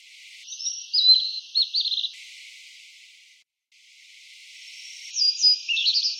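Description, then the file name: Blue-and-white flycatcher song: short bursts of high, quick whistled and trilled notes, a phrase near the start and another rising phrase near the end, with faint hiss between. "sikatanbiruputih omkicau"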